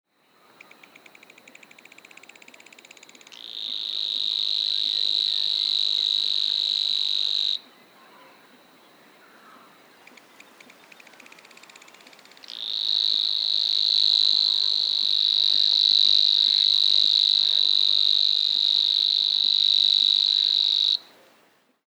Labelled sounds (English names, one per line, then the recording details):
Savi's Warbler
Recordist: Frommolt, Karl-Heinz
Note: Gesang